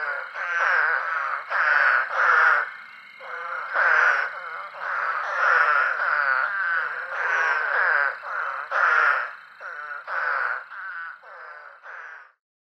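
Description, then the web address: Eastern spadefoot calls, a series of harsh, nasal croaks with brief gaps between them. "Songs of Frogs Toads of North America. Eastern Spadefoot"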